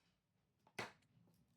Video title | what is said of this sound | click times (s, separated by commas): Display Keychain Construction Video [FNAF and Stobotnik designs] | Makes a satisfying click. And that's how you know it's all in place. | 0.8 s